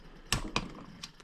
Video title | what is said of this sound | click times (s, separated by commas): Project X Day 5: Rebuilding The Motor 2 | there we go there's a clicky poo | 0.3 s